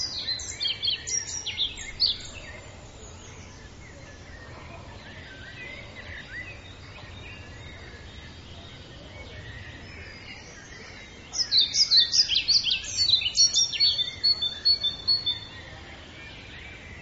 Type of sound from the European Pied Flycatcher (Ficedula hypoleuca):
song